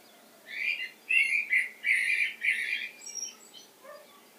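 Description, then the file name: Common blackbird calls in a quick run of about six harsh, squeaky chirps, then fading softer notes over low background hiss. "Turdus merula"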